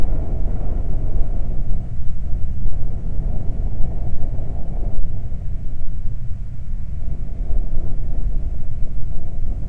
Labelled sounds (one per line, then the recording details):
wind
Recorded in the Prudhoe Bay oil fields, Alaska, on 12 July 2019 at 00:04
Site 29